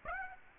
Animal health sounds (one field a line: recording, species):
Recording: mosquito wingbeat signal from an infrared sensor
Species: Aedes aegypti